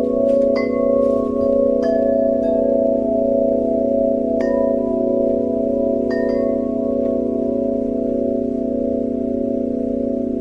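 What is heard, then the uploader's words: Tibetan bowls ring over a steady, dense drone of sustained tones in the low and middle range that holds unchanged throughout. Bright metallic strikes chime in roughly every one to two seconds, each leaving a clear ringing tone that slowly fades. Tibetan Bowls & 30hz Brain Waves.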